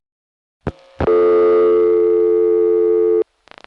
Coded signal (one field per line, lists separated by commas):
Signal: telephone call progress tone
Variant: North America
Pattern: dial tone